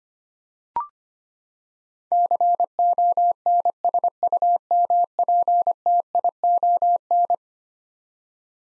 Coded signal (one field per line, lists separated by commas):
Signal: Morse code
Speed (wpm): 25 wpm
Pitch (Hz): 700 Hz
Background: none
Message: CONSUMPTION